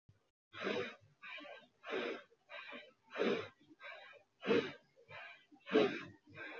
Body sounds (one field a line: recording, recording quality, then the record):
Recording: shallow breathing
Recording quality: excellent, no background noise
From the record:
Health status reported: healthy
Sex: female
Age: 22 years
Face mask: not worn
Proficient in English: yes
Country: India